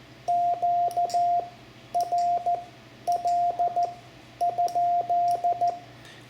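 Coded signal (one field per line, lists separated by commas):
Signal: Morse code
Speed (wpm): 14 wpm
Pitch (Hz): 700 Hz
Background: radio noise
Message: Q R L ?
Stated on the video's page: Lesson example of calling CQ and a basic CW QSO for new amateur operators.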